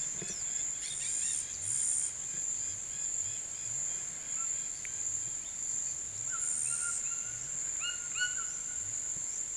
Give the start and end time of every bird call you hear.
[6.16, 8.49] bird call

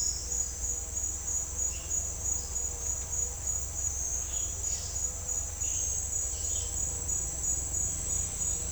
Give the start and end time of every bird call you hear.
[4.19, 4.59] bird call
[5.60, 5.93] bird call
[6.46, 6.67] bird call

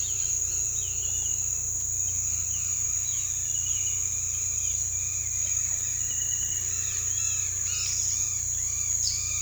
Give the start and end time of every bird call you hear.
[0.00, 1.53] bird call
[1.89, 4.12] bird call
[6.81, 9.41] bird call

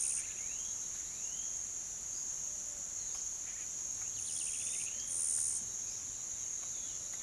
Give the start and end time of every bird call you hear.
[0.00, 1.49] bird call
[3.40, 5.44] bird call

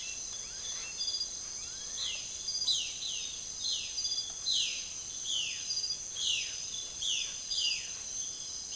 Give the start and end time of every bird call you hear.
[0.00, 0.88] bird call
[1.49, 4.85] bird call
[5.16, 8.02] bird call

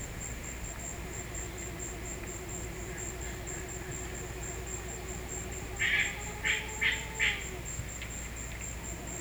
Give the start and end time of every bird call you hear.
[5.79, 7.44] bird call

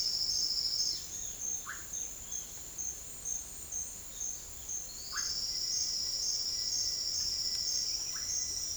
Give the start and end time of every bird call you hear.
[1.61, 1.84] bird call
[5.08, 5.29] bird call
[8.10, 8.30] bird call

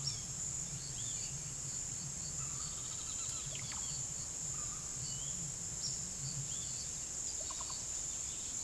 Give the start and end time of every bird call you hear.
[0.00, 1.51] bird call
[2.34, 3.90] bird call
[4.47, 6.93] bird call
[7.36, 7.80] bird call

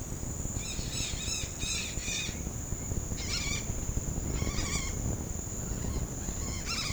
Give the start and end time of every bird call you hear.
[0.58, 2.34] bird call
[3.17, 3.62] bird call
[4.33, 4.95] bird call
[6.41, 6.92] bird call

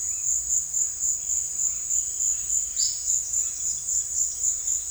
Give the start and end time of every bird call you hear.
[2.63, 4.91] bird call

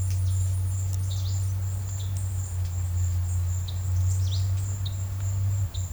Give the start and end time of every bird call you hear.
[1.01, 1.57] bird call
[1.90, 2.31] bird call
[3.54, 5.91] bird call

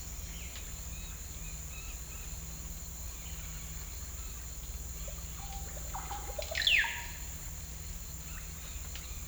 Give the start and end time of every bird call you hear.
[0.86, 2.29] bird call
[5.30, 7.01] bird call

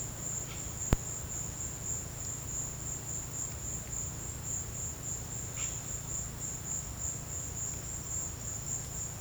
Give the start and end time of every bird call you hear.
[5.50, 5.76] bird call

